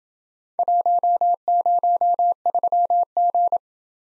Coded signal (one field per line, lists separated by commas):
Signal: Morse code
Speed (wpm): 27 wpm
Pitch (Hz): 700 Hz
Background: none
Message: 103G